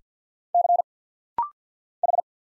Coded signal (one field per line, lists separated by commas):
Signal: Morse code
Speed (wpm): 50 wpm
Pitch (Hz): 700 Hz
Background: none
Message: C H